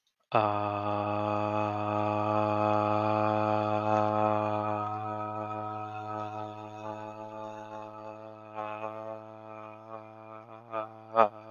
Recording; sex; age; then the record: vowel held as long as possible; male; 20 to 29 years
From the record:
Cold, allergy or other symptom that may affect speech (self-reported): no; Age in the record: 20 years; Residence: Pennsylvania, United States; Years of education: 15